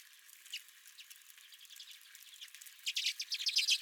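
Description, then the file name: Redpolls giving soft, high twitters that build into a louder run of rapid chattering notes near the end. Several redpolls at the recordist's feeder. "Redpolls at My Feeder"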